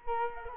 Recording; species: mosquito wingbeat signal from an infrared sensor; Culex quinquefasciatus